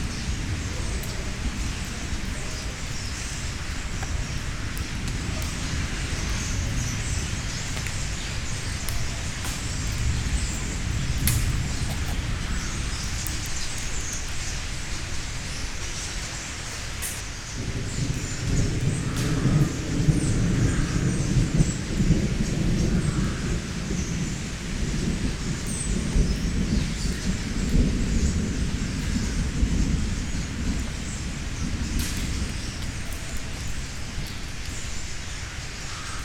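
A flock of starlings chatters steadily, a dense, bright wash of high squeaks and clicks with occasional sharper calls. Underneath runs a deep rumble, like wind or traffic, which swells and grows heavier from about seventeen seconds on.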